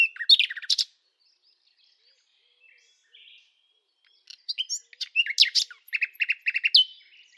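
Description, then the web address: Bird singing a short burst of sharp chirps, a quiet gap with faint twitters, then a longer run of rapid high notes and trills. "Deverinetal 2025 File origin Bird Only"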